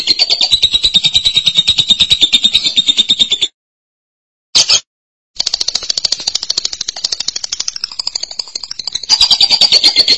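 Lovebird chattering song: long runs of fast, harsh, pulsed notes, broken by a brief chirp between two short pauses.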